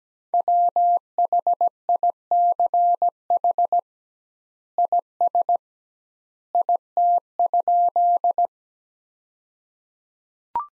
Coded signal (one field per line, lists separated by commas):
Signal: Morse code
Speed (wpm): 17 wpm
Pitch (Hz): 700 Hz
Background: none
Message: WHICH IS IT?